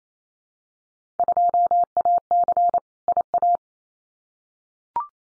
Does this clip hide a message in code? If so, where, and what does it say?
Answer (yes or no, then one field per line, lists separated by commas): yes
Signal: Morse code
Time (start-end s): 1.2-3.6 s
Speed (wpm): 28 wpm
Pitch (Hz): 700 Hz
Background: none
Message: 2AC IA